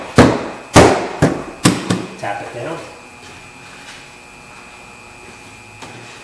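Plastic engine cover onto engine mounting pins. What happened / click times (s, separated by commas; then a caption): The plastic cover snaps down onto its mounting pins / 0.2 s, 0.8 s, 1.2 s, 1.7 s, 1.9 s. A plastic engine cover is lined up with the mounting pins on the engine and pressed or tapped down by hand. Sharp snaps land at 0.2, 0.8, 1.2, 1.7 and 1.9 seconds as it seats onto the pins, followed by quieter handling and someone talking. The cover ends up snapped in place.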